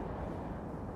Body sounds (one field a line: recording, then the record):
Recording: background sound without coughing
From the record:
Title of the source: Train Ride Ambience ambient white noise for sleeping, focus, studying, reading